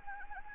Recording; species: mosquito wingbeat signal from an infrared sensor; Anopheles gambiae